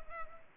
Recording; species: mosquito wingbeat signal from an infrared sensor; Culex pipiens